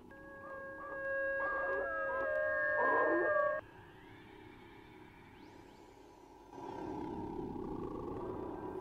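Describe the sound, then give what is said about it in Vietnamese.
Two dogs howl outside at night, long steady wavering tones layered together for a few seconds, then fading into quieter drawn-out pitched cries over a rougher background hiss. “Lâu lâu bên ngoài kia, hai con chó lại cứ chu lên ông ổng.”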